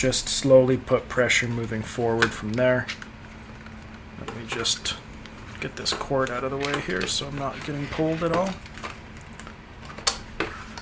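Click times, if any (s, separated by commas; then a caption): 10.1 s. Someone talks while lining up the back of the side arm of a KKCOBVR Q3 Pro battery head strap with the attachment point on a Meta Quest 3/3s VR headset and slowly pushing it forward. A sharp click at 10.1 s marks the arm snapping into place, seated in the headset.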